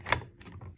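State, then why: Not seated. A Uniden R7 radar detector is pushed into its bent plastic windshield-mount clip, making a sharp plastic knock at about 0.1 s followed by softer rubbing and tapping sounds. The bent clip does not latch, so nothing has clicked or seated and the radar detector is not held in place.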